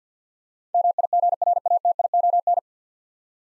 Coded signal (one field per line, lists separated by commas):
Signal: Morse code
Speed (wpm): 50 wpm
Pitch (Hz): 700 Hz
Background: none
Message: MIGRATION